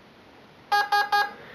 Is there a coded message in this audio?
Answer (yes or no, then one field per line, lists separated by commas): no